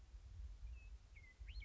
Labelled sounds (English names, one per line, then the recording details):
Western Meadowlark
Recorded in Sonoma County, California